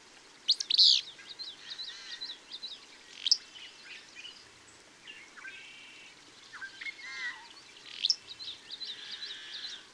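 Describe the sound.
Bird song: busy, varied high chirps and warbled phrases, with sharp accented notes scattered throughout.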